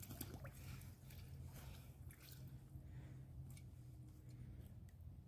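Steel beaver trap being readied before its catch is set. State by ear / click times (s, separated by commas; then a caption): not seated / none. A steel beaver trap is picked up and handled in shallow water while it is readied before its catch is set. Splashing, dripping and handling noises are heard, with small knocks around 0.2 s and 2.1 s over a low steady rumble. The trap has not been cocked and no latch click has sounded yet.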